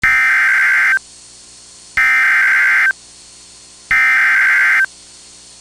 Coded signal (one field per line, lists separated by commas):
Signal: Emergency Alert System (SAME) tones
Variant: header bursts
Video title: Severe Thunderstorm Warning (12/28/25) [EAS #349]